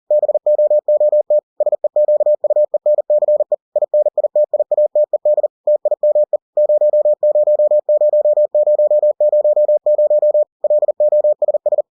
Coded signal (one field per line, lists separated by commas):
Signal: Morse code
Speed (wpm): 40 wpm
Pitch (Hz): 600 Hz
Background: none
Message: BOOT SEQUENCE INITIATED TIME 000000 LOSS